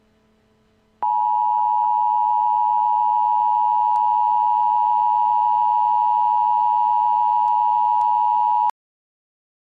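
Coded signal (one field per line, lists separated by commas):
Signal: Emergency Alert System (SAME) tones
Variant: 853 and 960 Hz attention tone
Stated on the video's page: Fictional EAS scenario alert, not a real emergency alert.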